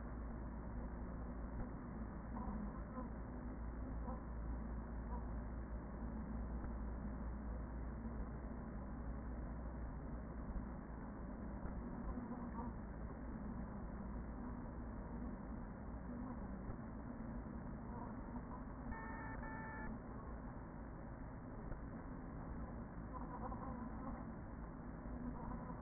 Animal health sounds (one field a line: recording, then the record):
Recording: honeybee colony, microphone inside the hive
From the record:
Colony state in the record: queen present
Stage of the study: after two queens were removed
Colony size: about 40,000 bees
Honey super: no